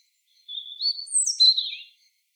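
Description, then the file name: European robin song phrase, a thin whistled note rising into a fast, sparkling cascade of high descending twitters. "Erithacus rubecula"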